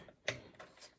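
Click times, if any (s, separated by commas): 0.3 s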